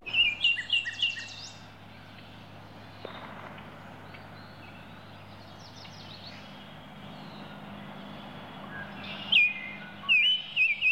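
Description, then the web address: Baltimore oriole calls: short bursts of quick, clear whistled notes at the start and again near the end, with a steady low hum of traffic underneath. "bird oriole baltimore oriole calls animal"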